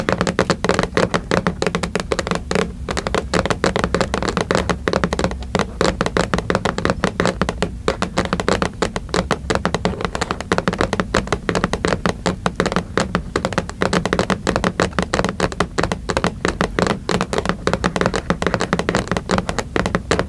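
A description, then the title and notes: Aggressive tapping runs without pause for the whole stretch, a dense, rapid stream of sharp, bright knocks that never settles into a clear beat. The loudness stays steady throughout, with a low, hollow thump under each strike, like fingers drumming hard on a hard surface. Tapping, Calming Triggers. Aggressive Tapping.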